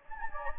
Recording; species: mosquito wingbeat signal from an infrared sensor; Anopheles gambiae